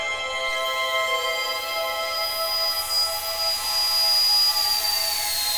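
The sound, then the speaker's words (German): A dentist's drill whines at a dentist's practice in a steady, high-pitched tone with layered harmonic overtones, holding constant for several seconds with no talking. “Ein Bohrer. Ist ja nicht gerade ungewöhnlich beim Zahnarzt, oder?”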